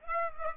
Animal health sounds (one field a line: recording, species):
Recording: mosquito wingbeat signal from an infrared sensor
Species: Aedes aegypti